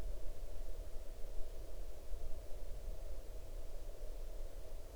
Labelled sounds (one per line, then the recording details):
near silence
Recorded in the Arctic National Wildlife Refuge, Alaska, on 8 June 2019 at 00:51
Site 40